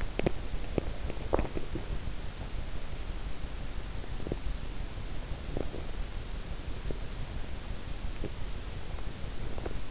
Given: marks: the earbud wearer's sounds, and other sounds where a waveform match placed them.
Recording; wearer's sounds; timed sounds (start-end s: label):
sounds in sleep by an in-ear microphone; swallowing
0.00-2.26 s: swallowing